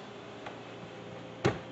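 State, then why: Seated. A plastic wet lid is pressed down onto a Vitamix blender container, with a faint tick at 0.5 s before it snaps into place with a sharp click at 1.5 s. The lid is seated.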